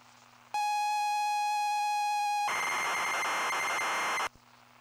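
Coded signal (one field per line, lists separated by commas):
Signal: ZX Spectrum tape loading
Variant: ZX Spectrum +2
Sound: steady buzzy lead tone about two seconds, then harsh screeching data noise, then stop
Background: faint electrical hum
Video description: Loading a FLAC recording of Basil the Great Mouse Detective on a real Spectrum +2 (UK), with the wrong polarity. Loader is polarity-dependant and doesn't load.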